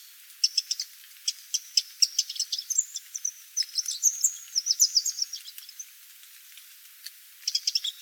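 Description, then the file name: Eurasian wren singing a long, fast string of high warbled notes and trills that fades briefly, then resumes with another rapid burst near the end. "Troglodytes troglodytes"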